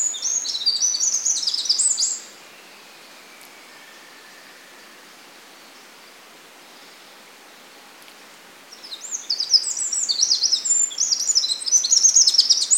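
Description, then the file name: Eurasian wren singing fast, high, tinkling trills: one burst of about two seconds, a long quiet pause with faint hiss, then another rapid, rattling outpouring. "Troglodytes troglodytes"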